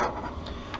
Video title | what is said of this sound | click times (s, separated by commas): Curtis's Ralph Lauren Polo 2070 with Rx Transitions Gray Lenses with Crizal Alize | at the outer corner and then using my thumbs press down the nose it snaps right in | 0.5 s, 0.7 s